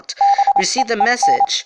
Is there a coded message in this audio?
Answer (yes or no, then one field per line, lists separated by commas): yes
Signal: Morse code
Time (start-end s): 0.2-1.4 s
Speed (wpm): 27 wpm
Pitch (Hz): 800 Hz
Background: speech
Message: BEEN